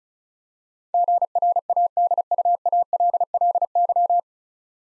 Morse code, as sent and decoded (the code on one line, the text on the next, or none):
--. .-. .- -.. ..- .- .-.. .-.. -.--
GRADUALLY